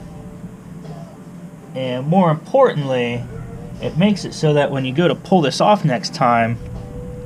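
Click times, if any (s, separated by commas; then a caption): none. A spark plug wire boot, its rubber coated with dielectric grease, is handled at the spark plug terminal during a tune-up of a 1991 Cadillac DeVille while a man talks. Nothing has seated or clicked onto the plug yet.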